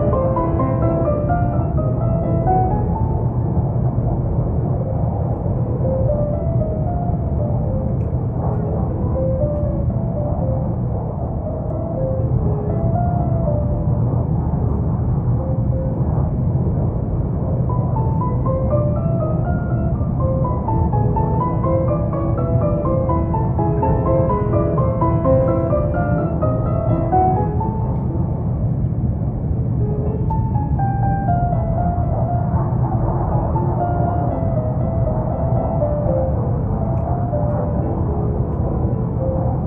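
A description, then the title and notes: Inside an airplane cabin, a steady low engine roar fills the space while classical music plays faintly from earbuds, its melodic lines rising and falling in the middle range throughout. The roar stays constant, with a brief dip in loudness around twelve seconds. Relaxing Airplane Flight in First Class w/ Earbuds Playing Mozart Music.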